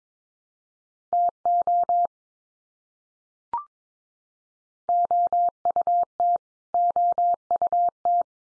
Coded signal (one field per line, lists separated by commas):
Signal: Morse code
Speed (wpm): 22 wpm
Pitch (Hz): 700 Hz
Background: none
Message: TO OUT OUT